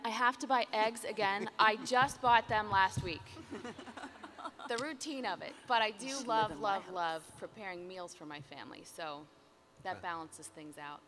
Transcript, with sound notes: I have to buy eggs again? I just bought them last week.” (laughter) The routine of it. But I do love, love, love preparing meals for my family, so that balances things out.